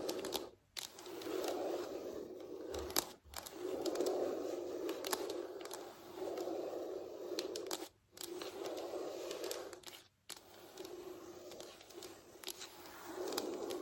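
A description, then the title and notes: Fake nails scratch across a floor in steady back-and-forth strokes, a dry rasping scrape centered low-mid with brighter clicks. The strokes run in bursts of a second or two, broken by brief silent gaps near 0.7, 3, 8 and 10 seconds. ASMR Floor Scratching with Fake Nails.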